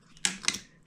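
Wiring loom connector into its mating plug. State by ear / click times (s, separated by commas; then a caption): seated / 0.2 s. A plastic wiring-loom connector on a classic Mini's ECU loom is pushed together into its mating plug, giving one sharp click at 0.3 s, followed by a second sharp tick at about 0.5 s. The connector is seated.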